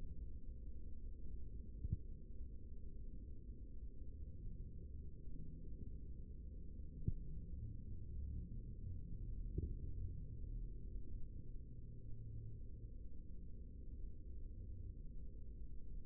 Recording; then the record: forearm muscle sounds (acoustic myography)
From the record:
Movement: rest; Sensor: system 3, bracelet of six PUI Audio POM-2738L microphones around the upper forearm, with dedicated amplification and filtering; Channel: 6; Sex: male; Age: 55 years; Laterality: right